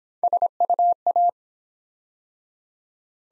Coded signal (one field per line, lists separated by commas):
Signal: Morse code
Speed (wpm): 25 wpm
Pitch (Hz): 700 Hz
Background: none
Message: SUA